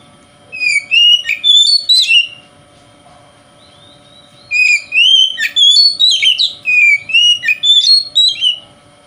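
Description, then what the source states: Oriental magpie-robin song: two bursts of rich, varied whistled notes, rising and falling, with sharp chips between, separated by a pause; faint steady hum behind. Singing in the 'konslet' song style, said to affect other magpie-robins.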